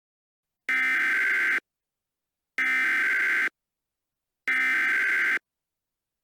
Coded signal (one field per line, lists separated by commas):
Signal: Emergency Alert System (SAME) tones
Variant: header bursts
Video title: EAS Mock: March 2020 Hawaii Tornado Warnings